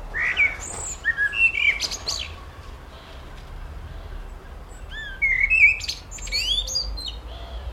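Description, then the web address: Bird chirping and whistling, short high bursts with a quieter gap in the middle before lively twittering resumes. Birdsong recorded in a village garden. "Birdsong In A Village Garden"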